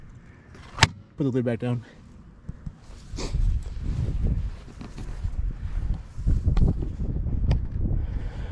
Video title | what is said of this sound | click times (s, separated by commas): Kobalt 80V Max Lawn Mower | And all you do is just push the battery until it clicks. | 0.8 s